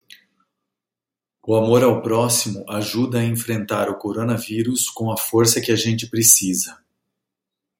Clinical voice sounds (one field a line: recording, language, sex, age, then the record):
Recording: spoken sentence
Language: Brazilian Portuguese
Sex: male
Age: 50 to 59 years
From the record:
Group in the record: control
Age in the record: 52 years